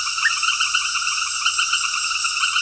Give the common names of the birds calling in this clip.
none